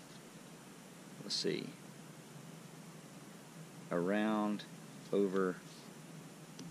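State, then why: Seated. A rope strap is wrapped around a tree with a larks head, then brought over and down through a metal Loop Alien tensioner while someone talks. A short, sharp click at 6.6 s marks the tensioner seating into place.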